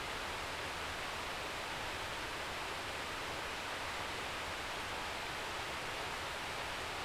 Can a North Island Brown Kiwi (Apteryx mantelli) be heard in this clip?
no